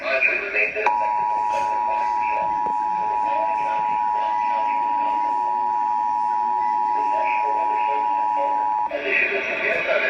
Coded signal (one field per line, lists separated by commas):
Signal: Emergency Alert System (SAME) tones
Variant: 853 and 960 Hz attention tone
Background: speech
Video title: Severe Thunderstorm Warning EAS #2